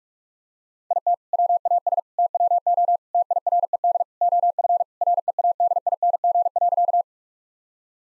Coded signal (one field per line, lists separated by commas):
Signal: Morse code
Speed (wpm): 46 wpm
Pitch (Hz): 700 Hz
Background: none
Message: IT WAS TWO TIRED OF READING.